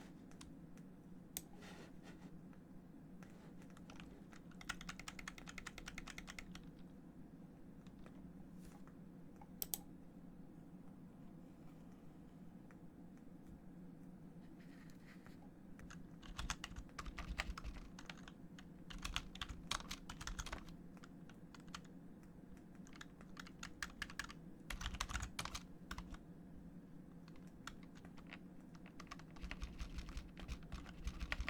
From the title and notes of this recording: ASMR Keyboard sounds & mouse sounds No Talking.